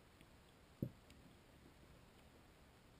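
A copper panel is pushed down with a 2 mm allen key and slid through inside the slide of a KWA Glock 19 airsoft pistol. Against a quiet background there are faint ticks near 0.2 s and 1.1 s and a short, low, dull knock at 0.8 s. Nothing has clicked into place or seated yet.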